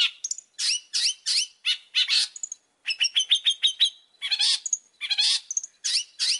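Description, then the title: Oriental magpie-robin song: rich, varied phrases of down-slurred whistles, quick repeated chips and buzzy notes, flowing almost without pause. Whistled song of an Oriental magpie-robin in full, active voice, used as a lure to prompt other magpie-robins to answer. "Pancingan Suara Siulan Kacer Gacor Mantap Untuk Memancing Kacer Lain Agar Mau Nyaut Bunyi"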